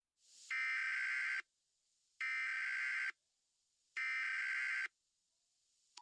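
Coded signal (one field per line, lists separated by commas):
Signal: Emergency Alert System (SAME) tones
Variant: header bursts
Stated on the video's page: Simulated scenario evacuation alert.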